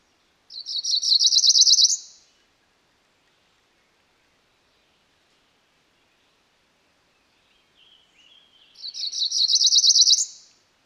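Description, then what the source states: Cerulean warbler singing two high buzzy trilled phrases about eight seconds apart, each ending in a higher buzz, with faint soft notes just before the second. Female.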